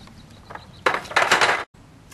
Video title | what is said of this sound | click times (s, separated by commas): Snap-Loc Dolly Introduction | this strap right here will click in to any one of the four fittings and allow you to strap the product right down to it | 0.9 s